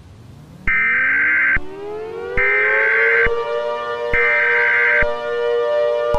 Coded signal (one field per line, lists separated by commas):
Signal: Emergency Alert System (SAME) tones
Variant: header bursts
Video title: (REUPLOAD) EAS Scenario #5A: 2022 Mega Disaster (Part 1)